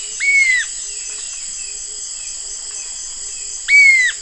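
Bird calls: two clear, slightly falling whistled notes about three seconds apart, over a steady high hiss and faint low pulses.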